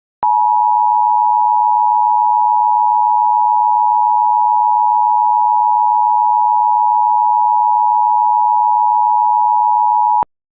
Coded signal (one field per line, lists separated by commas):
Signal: Emergency Alert System (SAME) tones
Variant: 853 and 960 Hz attention tone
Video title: DASCEC EAS Mock Test